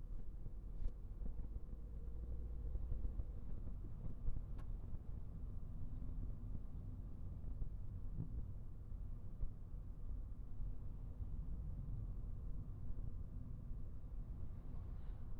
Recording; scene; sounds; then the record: everyday scene through a hearing-aid microphone; in a vehicle; engine, traffic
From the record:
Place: Skoda Fabia, gasoline engine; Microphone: behind the ear, right, rear